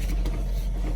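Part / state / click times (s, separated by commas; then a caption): seat belt tongue into buckle in truck cab / not seated / none. A seat belt tongue is handled near its buckle in a truck cab during an in-cab pre-trip check, over a steady low vehicle rumble. There is a brief rustle around 0.3 s. Nothing has clicked or seated in the buckle yet.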